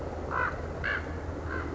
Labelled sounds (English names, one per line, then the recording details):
Common Raven
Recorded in Sonoma County, California